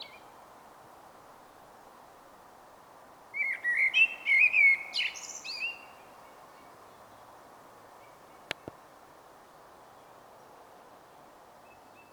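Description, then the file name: Common blackbird giving a single short song phrase; a few sharp clicks are heard later. "Turdus merula"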